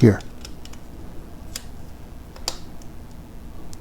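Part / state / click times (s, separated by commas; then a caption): hard drive into NAS drive tray/caddy / seated / 2.5 s. Someone talks while pressing the second side of a hard drive into a plastic NAS drive tray, lining up the tray's rubber notches with the drive. A few faint ticks come first, then the tray's side rail snaps sharply into place at 2.5 s. The drive is seated in the tray.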